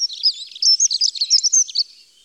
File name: Accenteur mouchet